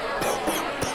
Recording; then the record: coughing mixed with background sound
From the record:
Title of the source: Coughing 79